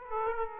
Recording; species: mosquito wingbeat signal from an infrared sensor; Aedes aegypti